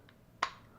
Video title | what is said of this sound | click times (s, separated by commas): Taurus PT111 G2 | that click okay that lock that freed up all the action | 0.4 s